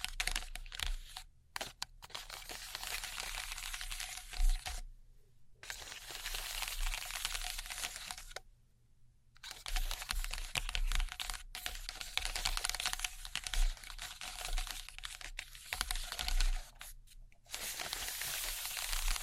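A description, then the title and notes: Sticky tape and slime crackle and crinkle in long, dense, bright bursts, full of tiny pops and tearing sounds. The noise stops briefly around five seconds, again near nine, and once more near seventeen seconds. A faint low hum runs steadily underneath. ASMR Neon Triggers（no Talking）. Slime. Sticky Tape.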